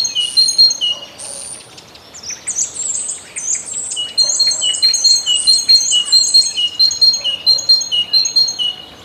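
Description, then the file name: Great tit song of repeated two-note phrases, overlapped for a while by a louder, very high song from another bird. "Bogatka"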